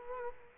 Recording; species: mosquito wingbeat signal from an infrared sensor; Culex quinquefasciatus